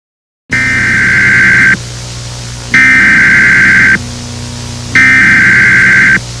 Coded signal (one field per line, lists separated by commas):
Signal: Emergency Alert System (SAME) tones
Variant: header bursts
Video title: EAS SCENARIO || Alexandria EF5